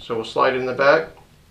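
A crimped metal terminal pin is being slid into the back of a plastic automotive headlight/fog lamp pigtail connector housing. Someone talks while the pin is handled. Nothing has seated or clicked yet.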